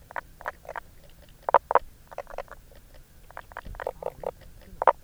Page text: Knoblauchkröte – Pelobates fuscus